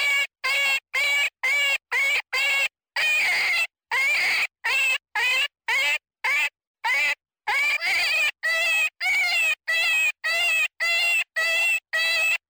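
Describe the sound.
Jackrabbit screaming in distress, a rapid run of harsh, quavering cries, some drawn out longer and rougher, repeated with uneven spacing and no other sounds.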